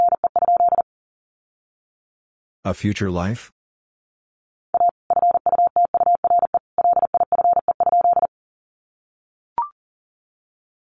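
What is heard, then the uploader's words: Morse code beeps on a single steady mid-pitched tone, sent in rapid bursts of short and long pulses from the start, then again from about five to eight seconds. Near three seconds a brief spoken word interrupts, and a faint click comes near the end. Sentences from Top 700 Words 40wpm. First, the words are sent in Morse code. Then it is spoken.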